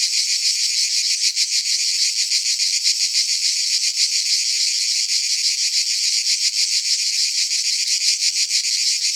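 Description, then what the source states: Several cicadas produce an unbroken high buzzing wall of sound, rapidly pulsating and steady in loudness, nothing else audible. Several cicadas together.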